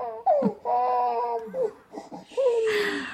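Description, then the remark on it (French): A baby cries in a few loud, high-pitched wailing bursts, the pitch wavering and sliding downward, with short breaths between them. “Je t'ai réveillé, mon trésor ? Ne pleure pas, maman est là.”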